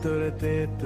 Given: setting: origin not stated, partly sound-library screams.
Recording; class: one-second piece from a danger detection set; normal situation